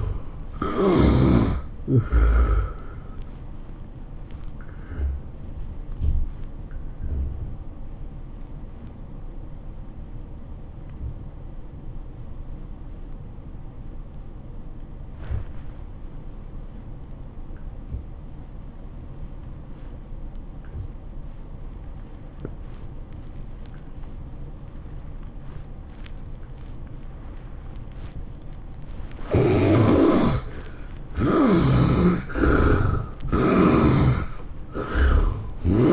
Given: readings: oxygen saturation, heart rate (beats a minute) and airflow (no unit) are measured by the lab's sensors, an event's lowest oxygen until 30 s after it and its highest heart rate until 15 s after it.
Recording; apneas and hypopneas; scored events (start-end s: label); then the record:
breathing in sleep by a smartphone at the bedside; 1
10.00-30.00 s: obstructive apnea (N2, oxygen 94% highest, then 69% lowest, heart rate 89 at the start, 111 highest)
From the record:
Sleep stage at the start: N2 (light sleep); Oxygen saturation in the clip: 69 to 94%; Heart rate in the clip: 82 to 109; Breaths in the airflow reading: 4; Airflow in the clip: -13.3 to 9.5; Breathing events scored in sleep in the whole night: 403 in 5.5 hours asleep